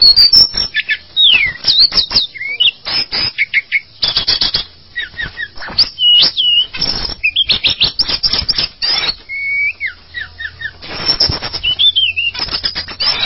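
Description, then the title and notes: Bird delivering varied whistled notes, some falling, one held steady, amid frequent clicking, chattering bursts separated by short gaps. "Bird Sound. Kicau Burung Lengkap"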